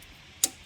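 A brake pad on a 2012 Honda Ridgeline RTL is pressed further into the caliper bracket clips. Over a quiet background, a single sharp, bright click sounds at 0.4 s and fades quickly. It is the pad's second click as it seats in the bracket clips.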